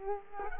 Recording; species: mosquito wingbeat signal from an infrared sensor; Culex quinquefasciatus